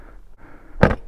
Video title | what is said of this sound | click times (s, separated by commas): 2021 - SINNIS - TERRAIN 125 - Is it an adventure bike ? - First impression | and very very easy to put back on just clicks nicely back in place again | 0.8 s